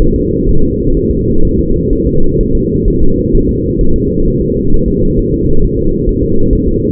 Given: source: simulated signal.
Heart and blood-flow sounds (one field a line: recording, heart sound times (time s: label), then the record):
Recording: fetal heart sounds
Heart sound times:
0.02 s: S1
0.16 s: S2
0.49 s: S1
0.64 s: S2
0.97 s: S1
1.11 s: S2
1.45 s: S1
1.59 s: S2
1.93 s: S1
2.07 s: S2
2.41 s: S1
2.55 s: S2
2.88 s: S1
3.02 s: S2
3.35 s: S1
3.49 s: S2
3.81 s: S1
3.96 s: S2
4.28 s: S1
4.42 s: S2
4.74 s: S1
4.88 s: S2
5.19 s: S1
5.34 s: S2
5.65 s: S1
5.79 s: S2
6.09 s: S1
6.23 s: S2
6.53 s: S1
6.68 s: S2
From the record:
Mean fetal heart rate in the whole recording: 130 bpm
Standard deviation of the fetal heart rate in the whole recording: 4 bpm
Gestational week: 38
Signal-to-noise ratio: -19.1 dB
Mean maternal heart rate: 72 bpm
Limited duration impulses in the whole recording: present